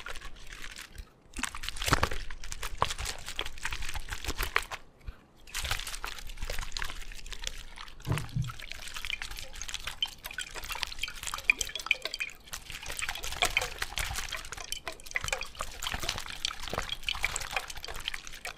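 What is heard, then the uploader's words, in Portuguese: Liquids, water and thick creams, are poured and squelched, with dense wet crackling throughout, a brief pause near five seconds and bright dripping later. ASMR [No talking] com sons de água, óleos, garrafa de whisky e cremes densos e não densos.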